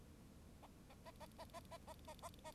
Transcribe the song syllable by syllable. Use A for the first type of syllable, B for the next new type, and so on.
A A A A A A A A A A A